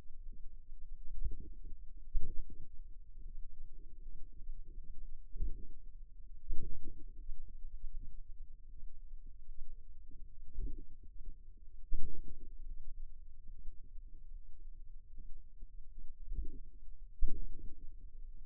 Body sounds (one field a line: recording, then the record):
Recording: forearm muscle sounds (acoustic myography)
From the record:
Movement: finger pinch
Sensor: system 2, bracelet of six BSWA MPA416 microphones around the upper forearm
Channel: 2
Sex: female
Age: 23 years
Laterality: right